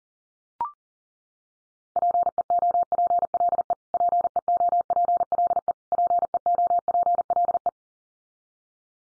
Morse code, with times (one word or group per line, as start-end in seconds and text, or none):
2.0-3.7 PEOPLE
3.9-5.7 PEOPLE
5.9-7.7 PEOPLE